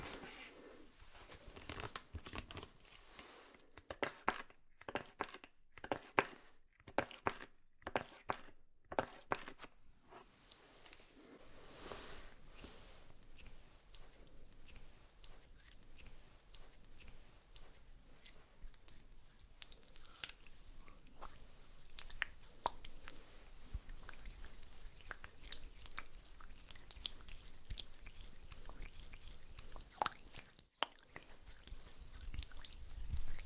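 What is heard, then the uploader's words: Makeup ASMR with no talking: soft brushing, tapping and crinkly clicks, choppy with short silent gaps early, then steadier rustling throughout. ASMR Doing Your Makeup , Pure Sounds , No Talking.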